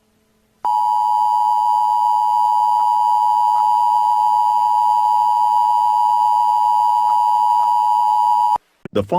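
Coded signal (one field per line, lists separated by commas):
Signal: Emergency Alert System (SAME) tones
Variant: 853 and 960 Hz attention tone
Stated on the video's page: Fictional EAS scenario about an ancient evil turning people into zombies.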